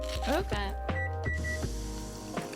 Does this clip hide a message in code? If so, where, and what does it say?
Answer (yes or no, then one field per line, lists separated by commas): no